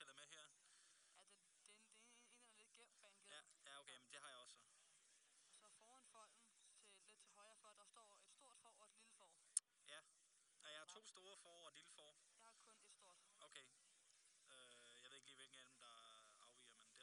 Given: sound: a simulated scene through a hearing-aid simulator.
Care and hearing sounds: conversation; quiet; 55 dB SPL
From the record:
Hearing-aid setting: II (fast-acting compression, audibility-based gain, advanced features for about 2.5 dB of SNR improvement); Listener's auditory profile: A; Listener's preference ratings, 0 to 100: 56, 31, 58

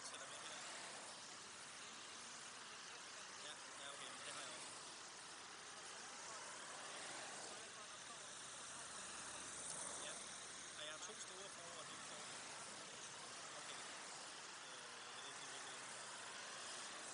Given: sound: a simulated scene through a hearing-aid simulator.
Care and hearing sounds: conversation; traffic; -6 dB SNR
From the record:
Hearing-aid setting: anchor resembling a broken hearing aid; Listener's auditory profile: C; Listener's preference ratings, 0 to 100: 7, 1, 1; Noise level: 75 dB SPL

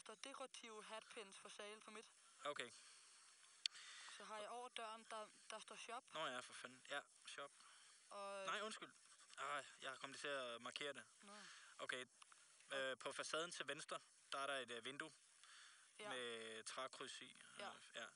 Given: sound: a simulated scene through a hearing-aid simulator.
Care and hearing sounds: conversation; quiet; 75 dB SPL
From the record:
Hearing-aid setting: II (fast-acting compression, audibility-based gain, advanced features for about 2.5 dB of SNR improvement); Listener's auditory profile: D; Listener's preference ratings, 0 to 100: 90, 90, 95

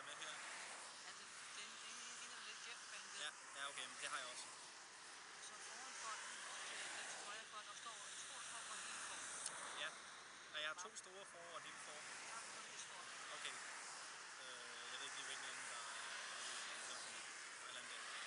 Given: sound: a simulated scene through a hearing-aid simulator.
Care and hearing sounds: conversation; traffic; -4 dB SNR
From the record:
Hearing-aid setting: IV (slow-acting compression, loudness normalization); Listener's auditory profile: B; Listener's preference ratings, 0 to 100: 54, 35, 54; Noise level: 75 dB SPL

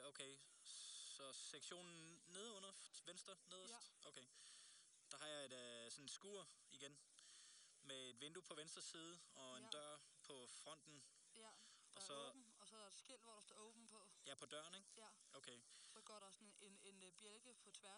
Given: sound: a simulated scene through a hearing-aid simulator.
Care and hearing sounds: conversation; quiet; 65 dB SPL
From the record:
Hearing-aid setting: II (fast-acting compression, audibility-based gain, advanced features for about 2.5 dB of SNR improvement); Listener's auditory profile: D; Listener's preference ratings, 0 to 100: 96, 96, 100

